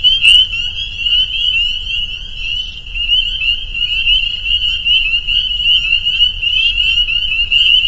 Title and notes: Peepers. a soundscape recorded at the peeper pond on our friends' property in northern Vermont